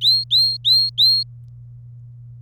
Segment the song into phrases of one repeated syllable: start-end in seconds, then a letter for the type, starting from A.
0.01-1.23 A